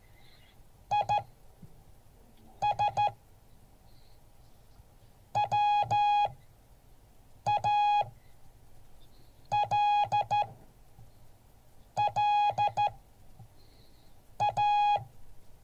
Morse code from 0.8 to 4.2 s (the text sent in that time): IS